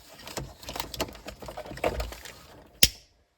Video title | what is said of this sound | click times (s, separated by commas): MyEnergi Hub, Harvi & Eddi Installation | that's it you heard the click and it's done | 2.8 s